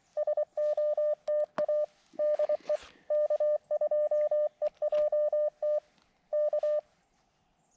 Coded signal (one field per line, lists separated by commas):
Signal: Morse code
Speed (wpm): 23 wpm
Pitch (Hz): 600 Hz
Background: none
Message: SOTA DE K2EJT K